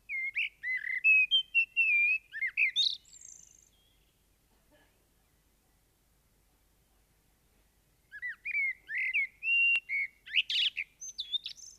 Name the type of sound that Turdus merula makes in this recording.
song